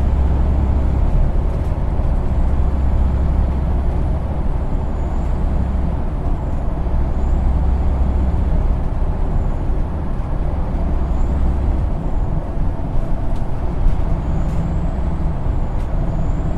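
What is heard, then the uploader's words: A bus ride: a steady, heavy engine rumble sits low and fills the whole clip, with a faint higher whine drifting above it. Short, thin squeaks and clicks appear now and then, clustering around thirteen to sixteen seconds. Bus Ride.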